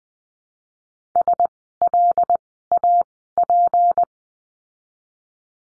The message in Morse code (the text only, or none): SLAP